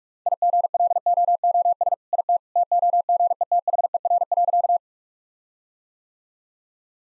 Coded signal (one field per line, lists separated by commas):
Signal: Morse code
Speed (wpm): 42 wpm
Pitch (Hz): 700 Hz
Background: none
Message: IGLOOS IT TOGETHER.